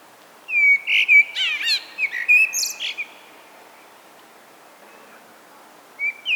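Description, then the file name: Common blackbird song, one long phrase of mellow fluted notes mixed with sharp high chirps and squeaks, followed by quiet and the start of another. "Turdus merula"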